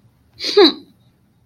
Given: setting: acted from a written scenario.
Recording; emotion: vocal sound without words; contempt